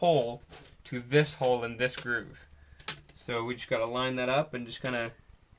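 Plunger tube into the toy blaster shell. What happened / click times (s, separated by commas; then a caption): The plastic tube is being lined up but has not snapped home / none. Someone talks while lining up the groove and hole of a plastic plunger tube and pushing it into the shell of a Nerf Sharpshot toy blaster. There is one faint hit near 2.9 s. The clip ends before the tube goes home, and nothing has seated or clicked yet.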